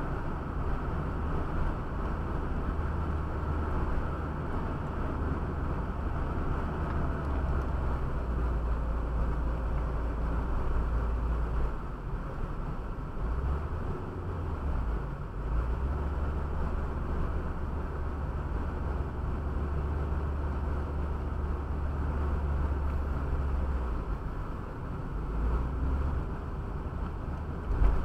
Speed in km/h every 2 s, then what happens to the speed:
72, 72, 71, 67, 53, 53, 55, 55, 55, 54, 55, 55, 49, 43.
0-5 steady at about 72. 5-8 brakes to 53. 8-22 steady at about 55. 22-28 slows to 43.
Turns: none.